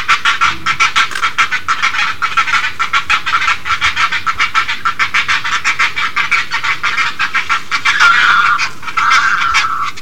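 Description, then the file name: Great egret harsh calls, fast rasping chatter that gives way to longer, hoarser drawn-out notes near the end. "kotuku"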